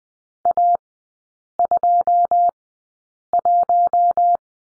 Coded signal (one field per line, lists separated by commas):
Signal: Morse code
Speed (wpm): 20 wpm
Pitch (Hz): 700 Hz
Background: none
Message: A21